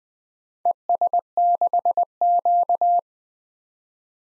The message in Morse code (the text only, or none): ES6Q